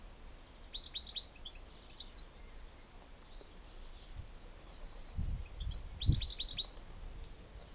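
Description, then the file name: European goldfinch calls: quick bursts of high, tinkling chirps, one run early and another near the end, over low rumbling thumps and steady background noise. "Carduelis carduelis"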